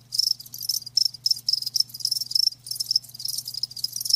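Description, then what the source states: Shrill cricket chirps repeated in quick pulsed groups, with a soft background hum. Live crickets chirping, a lulling song.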